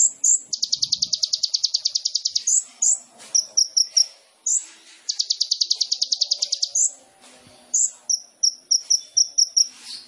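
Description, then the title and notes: Sunbird song: two rapid high trills of evenly spaced notes, separated by bright sharp chips and short whistled notes, all very high-pitched. Kolibri ninja sunbird in vigorous (gacor) song, full of isian fill-ins and tembakan bursts, meant to prompt other birds (pancingan). "MASTERAN KOLIBRI NINJA FULL ISIAN DAN TEMBAKAN COCOK BUAT PANCINGAN. Suara Burung Kolibri Ninja Gacor"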